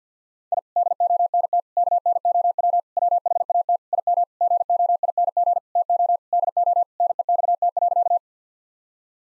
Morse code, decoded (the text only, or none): I DONT KNOW WHAT IM GOING TO DO NEXT.